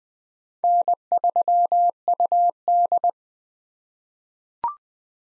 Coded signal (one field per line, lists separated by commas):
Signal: Morse code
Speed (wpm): 20 wpm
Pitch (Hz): 700 Hz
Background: none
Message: N3UD